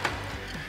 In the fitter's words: there's two small little clips that that the bracket needs to fit over and you'll hear it audibly click and